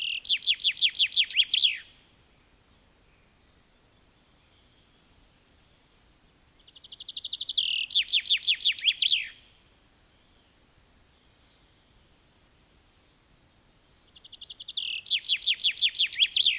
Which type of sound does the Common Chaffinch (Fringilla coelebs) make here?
song